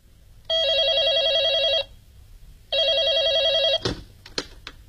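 A telephone rings in two long, warbling bursts separated by a short pause, its trilling tone bright and steady, followed by a clatter and a few sharp clicks as the handset is picked up, during a call to a hotel.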